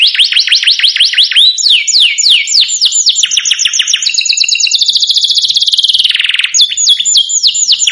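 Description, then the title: Domestic canary delivering fast falling whistles, a sustained rapid trill that slides lower in pitch, then crisp sweeping notes again. Belgian canary song played to excite other canaries, making them agitated so they respond and start singing. "Canto Para Esquentar Canário Belga. Suara Kenari Bikin Emosi & Langsung Nyaut"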